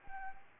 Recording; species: mosquito wingbeat signal from an infrared sensor; Anopheles arabiensis